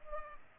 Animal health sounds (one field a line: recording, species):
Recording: mosquito wingbeat signal from an infrared sensor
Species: Culex pipiens